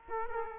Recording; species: mosquito wingbeat signal from an infrared sensor; Culex quinquefasciatus